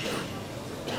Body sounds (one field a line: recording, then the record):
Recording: coughing mixed with background sound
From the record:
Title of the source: 60 coughing still (deep and wet cough)